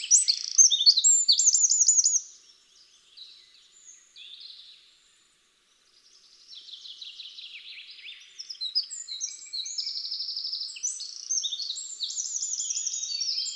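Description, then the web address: Eurasian wren song: a loud burst of quick high trills, a near-silent pause, then a softer, busy stream of chattering notes and rattling trills. "SETE Troglodytes troglodytes"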